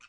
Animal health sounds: pig call; piglet (1 to 25 days)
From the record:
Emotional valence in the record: positive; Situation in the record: short reunion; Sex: male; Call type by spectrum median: high-frequency call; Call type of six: low-frequency tonal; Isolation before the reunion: 3 minutes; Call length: 0.09 s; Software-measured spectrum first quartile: 1566 Hz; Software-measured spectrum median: 2481 Hz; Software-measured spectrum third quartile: 3395 Hz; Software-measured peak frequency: 1408 Hz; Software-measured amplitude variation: 141 dB a second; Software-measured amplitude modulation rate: 5.9 a second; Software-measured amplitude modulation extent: 24.0 dB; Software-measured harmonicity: 2.3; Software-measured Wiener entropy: -1.39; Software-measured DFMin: 1006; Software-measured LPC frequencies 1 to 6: 1381, 2511, 2929, 4423, 5478, 6097 Hz

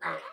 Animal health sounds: pig call; piglet (1 to 25 days)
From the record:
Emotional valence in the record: negative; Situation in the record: restrain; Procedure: in the arms of a person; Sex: male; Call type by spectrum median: low-frequency call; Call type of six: low-frequency stable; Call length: 0.33 s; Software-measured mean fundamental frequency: 64 Hz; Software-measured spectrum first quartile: 828 Hz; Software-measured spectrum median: 1233 Hz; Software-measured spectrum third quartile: 1703 Hz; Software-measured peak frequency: 555 Hz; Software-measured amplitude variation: 129 dB a second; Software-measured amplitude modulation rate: 24.2 a second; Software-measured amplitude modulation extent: 5.3 dB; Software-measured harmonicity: 1.7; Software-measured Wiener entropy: -1.01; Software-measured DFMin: 461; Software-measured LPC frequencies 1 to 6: 675, 1215, 1722, 2004, 3027, 3752 Hz

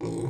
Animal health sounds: pig call; weaner (32 to 43 days)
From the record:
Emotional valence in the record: negative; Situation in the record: long isolation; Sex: female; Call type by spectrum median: low-frequency call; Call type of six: low-frequency stable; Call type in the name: low-frequency stable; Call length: 0.30 s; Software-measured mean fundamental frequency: 57 Hz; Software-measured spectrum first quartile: 164 Hz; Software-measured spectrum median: 317 Hz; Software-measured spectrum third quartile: 534 Hz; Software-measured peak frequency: 345 Hz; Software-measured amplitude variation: 98 dB a second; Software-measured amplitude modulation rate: 23.4 a second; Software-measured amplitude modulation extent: 4.2 dB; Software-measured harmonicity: 3.2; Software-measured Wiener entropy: -0.50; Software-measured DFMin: 636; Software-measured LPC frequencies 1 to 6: 355, 907, 2223, 3511, 4100, 5284 Hz

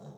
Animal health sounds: pig call; piglet (1 to 25 days)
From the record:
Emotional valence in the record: negative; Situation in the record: short isolation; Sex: female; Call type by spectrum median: low-frequency call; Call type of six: low-frequency stable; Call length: 0.19 s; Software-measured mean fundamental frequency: 49 Hz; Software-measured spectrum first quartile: 161 Hz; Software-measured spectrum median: 296 Hz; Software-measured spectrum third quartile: 644 Hz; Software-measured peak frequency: 148 Hz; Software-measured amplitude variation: 122 dB a second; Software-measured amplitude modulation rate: 13.4 a second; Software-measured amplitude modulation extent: 9.1 dB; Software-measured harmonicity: 0.9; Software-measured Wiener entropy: 0.18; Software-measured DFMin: 1121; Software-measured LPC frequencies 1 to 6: 3183, 3860, 4763, 5649, 6488, 7232 Hz

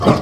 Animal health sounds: pig call; growing-finishing pig (85 days or more)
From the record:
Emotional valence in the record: positive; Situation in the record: run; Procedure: transit

